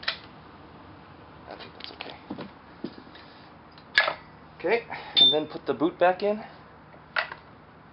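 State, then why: Seated. A second spark plug boot is pushed back onto the rear-cylinder spark plug of a Honda Shadow Spirit 750 motorcycle while someone talks. A sharp snap at 7.2 seconds marks the boot clicking onto the plug, and it is seated.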